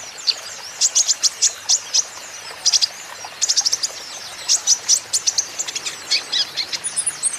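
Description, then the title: Van Hasselt's sunbird song: rapid bursts of shrill, very high chips and trills, a faint higher thin whistle near the end. Green-plumaged (ijoan) bird singing actively (gacor); song used as a lure and therapy to prompt caged Van Hasselt's sunbirds to sing in reply. "KOLIBRI NINJA KONIN IJOAN GACOR COCOK UNTUK PANCINGAN TERAPI KONIN BAHAN PASTI NYAUT"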